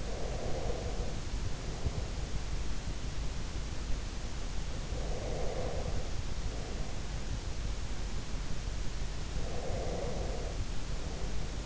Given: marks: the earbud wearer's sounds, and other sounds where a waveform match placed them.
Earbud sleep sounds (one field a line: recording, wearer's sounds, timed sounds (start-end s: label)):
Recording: sounds in sleep by an in-ear microphone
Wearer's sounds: breath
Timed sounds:
0.00-2.05 s: breath
4.81-6.95 s: breath
9.49-11.66 s: breath